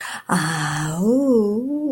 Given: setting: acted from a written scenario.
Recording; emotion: vocal sound without words; romantic love